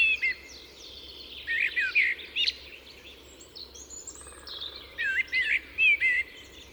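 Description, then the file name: Common blackbird singing mellow, fluted warbles that end in high scratchy notes, phrases returning after a short pause over faint background twittering. "Turdus merula"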